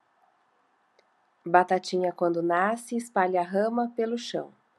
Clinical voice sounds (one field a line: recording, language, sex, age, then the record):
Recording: short text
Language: Brazilian Portuguese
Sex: female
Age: 40 to 49 years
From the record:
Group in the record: control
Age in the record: 44 years